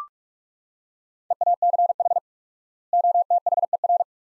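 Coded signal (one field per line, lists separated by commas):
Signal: Morse code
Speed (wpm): 43 wpm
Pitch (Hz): 700 Hz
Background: none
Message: EACH OTHER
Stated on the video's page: Morse practice drill at 45 wpm, sets of two words with 4x word spacing, a Farnsworth-like method, each followed by spoken words.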